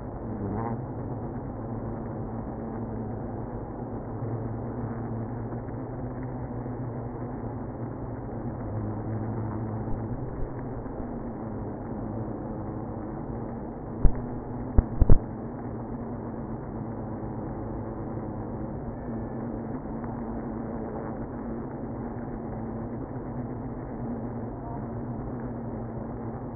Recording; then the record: honeybee colony, microphone inside the hive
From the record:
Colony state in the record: queenless (queen removed); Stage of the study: after two queens were removed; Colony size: about 60,000 bees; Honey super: yes